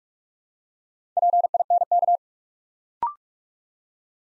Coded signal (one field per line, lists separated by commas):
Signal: Morse code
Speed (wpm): 44 wpm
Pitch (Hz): 700 Hz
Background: none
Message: PINK